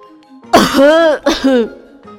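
human body sound, choking cough

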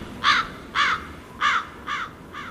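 bird, crows cawing

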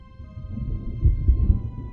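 nature, rumbling thunder

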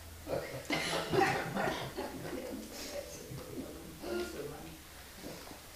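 human body sound, coughing

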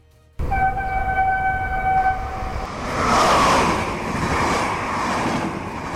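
vehicle, train passing with horn

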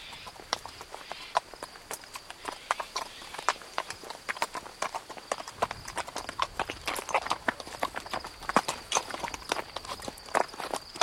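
animal, horse hooves clip-clopping

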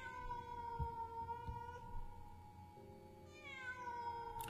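animal, cat yowling

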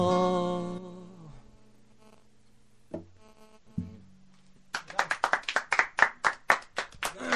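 crowd, audience applause

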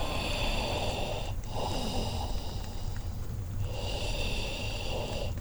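sound effect, labored heavy breathing

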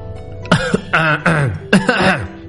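human body sound, violent coughing

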